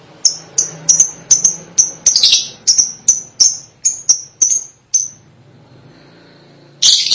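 Lovebird chirps: a regular series of sharp, high, piercing notes, then a pause and one short harsh burst.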